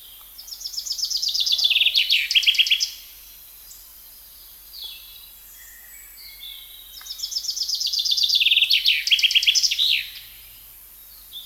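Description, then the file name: Common chaffinch song, two loud strophes about four seconds apart, each a rapid descending rattle of high notes ending in a flourish, quiet between them. "Fringilla coelebs"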